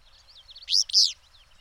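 Bird call: two loud, rasping, rising-and-falling chirps in quick succession, with soft twittering notes before and after.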